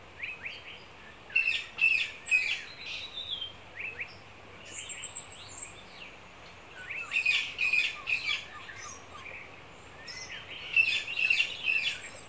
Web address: Vogels - Regenwoud. KMP Film Video Sound Effects